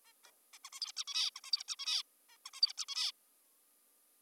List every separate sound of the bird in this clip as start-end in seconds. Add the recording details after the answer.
0.05-0.13, 0.24-0.31, 0.54-0.58, 0.65-0.70, 0.73-0.80, 0.81-0.92, 0.97-1.04, 1.08-1.31, 1.36-1.40, 1.44-1.52, 1.52-1.64, 1.68-1.76, 1.79-2.03, 2.29-2.38, 2.46-2.50, 2.54-2.61, 2.62-2.73, 2.78-2.85, 2.88-3.12. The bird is an adult. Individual g19o3U